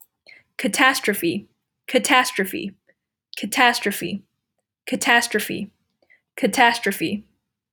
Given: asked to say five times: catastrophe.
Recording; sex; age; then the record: repeated word; female; 20 to 29 years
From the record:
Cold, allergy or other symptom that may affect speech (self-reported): no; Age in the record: 23 years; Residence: Virginia, United States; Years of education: 17